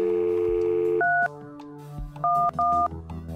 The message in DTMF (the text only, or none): 311